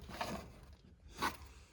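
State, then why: Not seated. A plastic strut cap with side protrusions that lock it in place against car vibrations is handled over the strut top mount of a Nissan Leaf ZE1. Two broad, rustling scrapes are heard, one around 0.2–0.4 s and a louder one around 1.2–1.3 s, with quiet low background noise between them. Nothing has seated or clicked yet.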